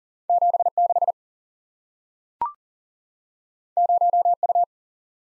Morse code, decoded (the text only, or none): 76 0U